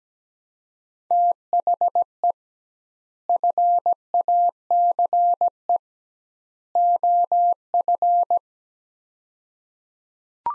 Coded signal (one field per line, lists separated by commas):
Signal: Morse code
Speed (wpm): 17 wpm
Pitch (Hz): 700 Hz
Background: none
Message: THE FACE OF